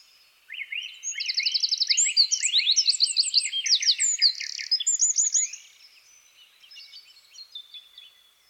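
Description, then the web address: Eurasian wren delivering an energetic, piercing song of about five seconds, with a buzzy rapid trill early on and many fast upswept notes, followed by quieter chirps. "SETE Troglodytes troglodytes"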